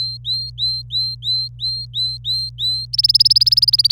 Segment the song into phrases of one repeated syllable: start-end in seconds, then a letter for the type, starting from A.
0.00-2.85 A, 2.93-3.91 B